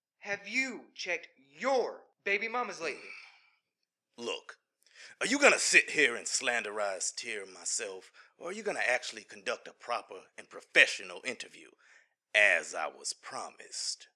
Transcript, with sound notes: have YOU checked YOUR baby mommas lately?
Look, (*angrily/annoyed*) are you 'gunna' sit here and slanderize Tier and myself, or are you 'gunna' actually conduct a proper, and professional interview, as I was promised.